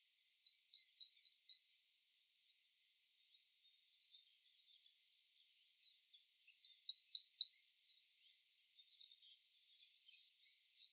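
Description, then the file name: Great tit calls, a rapid burst of high, scratchy notes repeated twice, separated by a quiet gap with faint ticks, with a third burst starting at the very end. "Parus major"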